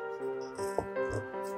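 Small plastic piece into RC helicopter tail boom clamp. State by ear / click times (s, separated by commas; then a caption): seated / 0.8 s. A small plastic piece from the tail parts of an OMPHOBBY M7 RC helicopter is pressed into the rear tail boom clamp over steady background music. A short sharp click at 0.8 s marks the piece snapping into place, and it is seated.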